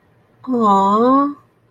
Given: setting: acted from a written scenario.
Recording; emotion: vocal sound without words; sympathy